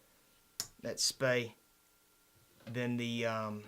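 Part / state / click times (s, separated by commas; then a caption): spey blade of a folding pocket knife snapping into its position against the backspring / seated / 0.6 s. The steel spey blade of a Jabe's Cutlery two-blade classic-style slip-joint pocket knife, harder to pull out than the clip blade, snaps into place against its backspring with a sharp click at 0.6 s. It seats and feels like it locks in place better than the clip blade. Someone then talks.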